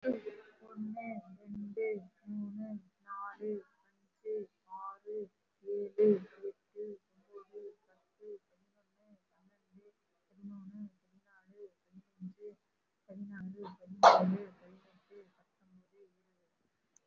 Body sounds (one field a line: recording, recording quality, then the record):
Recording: counting at a normal pace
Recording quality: moderate, slight background noise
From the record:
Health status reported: recovered from COVID-19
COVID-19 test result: positive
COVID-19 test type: RT-PCR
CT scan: taken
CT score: 0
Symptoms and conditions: breathing difficulty, asthma, another respiratory illness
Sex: female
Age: 65 years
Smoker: no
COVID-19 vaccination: none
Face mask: worn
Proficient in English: no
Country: India